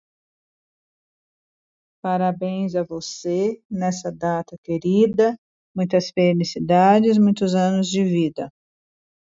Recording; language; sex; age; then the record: short text; Brazilian Portuguese; female; 60 to 69 years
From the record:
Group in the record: control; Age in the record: 62 years